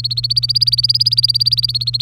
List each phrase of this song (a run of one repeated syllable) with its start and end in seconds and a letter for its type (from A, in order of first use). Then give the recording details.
0.00-2.01 A. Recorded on 3 May 2018 at 10:24. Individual llb3